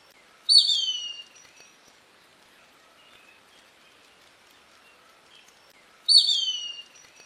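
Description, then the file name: Plumbeous kite whistles, high and thin, each sliding down in pitch; two calls spaced roughly five and a half seconds apart over a quiet backdrop. "Canto do Sovi"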